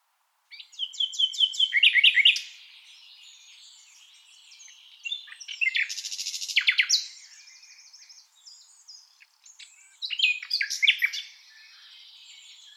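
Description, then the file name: Common nightingale singing three rich phrases of fast repeated notes and rattling trills, each lasting one to two seconds, with quieter twittering between them. "Luscinia megarhynchos"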